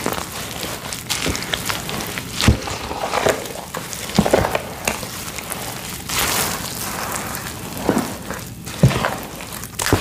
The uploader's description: Dumping glitter to make a glitter mix, pouring water, mixing paste, scooping into tins.